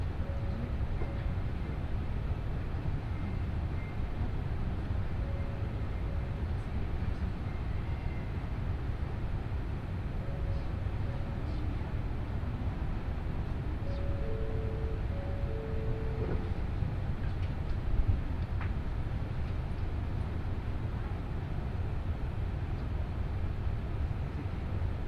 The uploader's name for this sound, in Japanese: 西九州新幹線かもめ25号武雄温泉→長崎